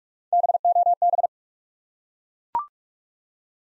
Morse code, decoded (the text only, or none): BOB